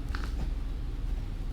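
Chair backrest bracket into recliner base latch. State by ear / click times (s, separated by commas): seated / 0.1 s, 0.2 s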